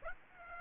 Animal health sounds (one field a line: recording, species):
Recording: mosquito wingbeat signal from an infrared sensor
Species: Aedes aegypti